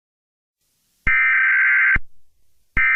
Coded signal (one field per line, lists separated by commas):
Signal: Emergency Alert System (SAME) tones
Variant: header bursts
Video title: EAS SCENARIO #44: LAVA FULL SERIES